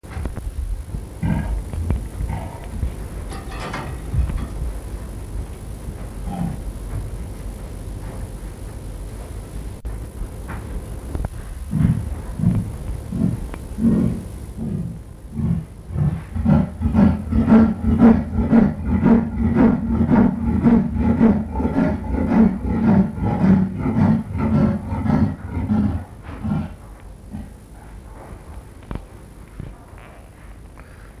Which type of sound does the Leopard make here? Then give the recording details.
call. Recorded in captivity. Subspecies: fusca. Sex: pair. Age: adult. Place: Tierpark Berlin, Berlin, DE. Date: 1961-11-25 14:00. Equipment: Minifon, Kopie Smaragd. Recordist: Tembrock, Günter. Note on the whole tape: Indischer Leopard. Männchen: Rufreihe, vorher ein paar Laute des Weibchens. Abstand: 6 m